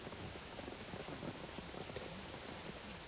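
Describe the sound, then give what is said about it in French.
Steady rain patters down on pavement in a dense, even hiss of countless drops, soft and unbroken, with no voices. “Les yeux comme un barrage brisé, je pleure sous la pluie, sur le trottoir, pour tout.”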